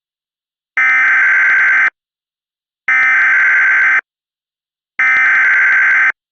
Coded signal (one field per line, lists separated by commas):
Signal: Emergency Alert System (SAME) tones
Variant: header bursts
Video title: You have been distracted [EAS MEME]